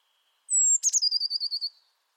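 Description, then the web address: Blue Tit: a thin, high, slightly falling whistle, then a sharp note and a rapid, buzzy pulsed trill of several beats, in silence. "Deverinetal 2025 File origin Bird Only Cy Ca"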